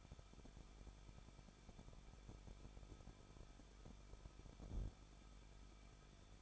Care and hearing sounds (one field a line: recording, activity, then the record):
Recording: daily activity, microphone in the room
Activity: no activity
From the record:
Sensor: 5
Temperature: 20.8 degrees Celsius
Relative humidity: 38.5%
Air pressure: 1006.5 hPa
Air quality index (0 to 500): 191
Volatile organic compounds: 20 ppm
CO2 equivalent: 2696 ppm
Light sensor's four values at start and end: 2/3/1/1 and 2/3/1/1